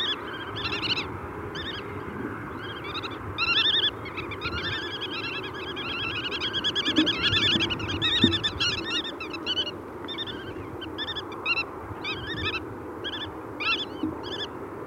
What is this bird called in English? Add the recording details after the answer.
Black-tailed Godwit. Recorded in the wild. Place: Amsterdam, Noord-Holland, NL. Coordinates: 52.368, 4.904. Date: 1990-05-14. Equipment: Nagra III BH, Sennheiser MD 21, parabola. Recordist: Schubert, Michael